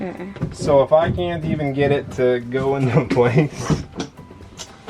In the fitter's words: that's not a good sign probably not gonna click into place